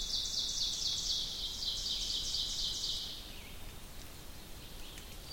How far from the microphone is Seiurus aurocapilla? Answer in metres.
about 50 m